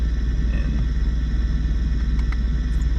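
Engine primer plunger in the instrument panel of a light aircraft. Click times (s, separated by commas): 2.3 s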